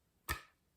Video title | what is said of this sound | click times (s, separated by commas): Campervan Plumbing with hot & cold tanks | and what you do is you just push it until you hear it click | 0.3 s